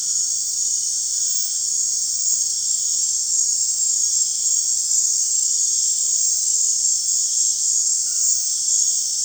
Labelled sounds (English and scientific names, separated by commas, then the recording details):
none
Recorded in dense forest near Puerto Asís, Putumayo, Colombia, on 23 June 2025 at 20:00
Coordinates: 0.468, -76.322
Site GP03